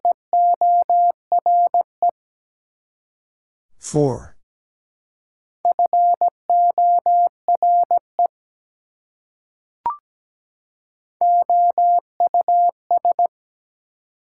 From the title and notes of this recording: Prefixes and Suffixes 17wpm. First, it is sent in Morse code. Then it is spoken. Finally, it is sent again in Morse code.